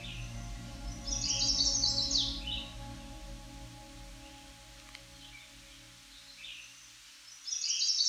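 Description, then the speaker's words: Chestnut-sided Warbler song, a quick series of high notes finishing in an accented drop, then softer notes, and a second song beginning at the end. Found in succession habitat where field is becoming forest; breeds from the Canadian prairies east through the Great Lakes to the Atlantic; song rendered 'Pleased, pleased, pleased to meet you.'. "their song can be described as sounding like, "Pleased, pleased, pleased to meet you.""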